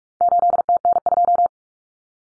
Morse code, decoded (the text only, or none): 8TN2